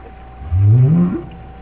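Whale call: one low, smooth moan sliding upward in pitch over under a second, then fading, against a steady low hum.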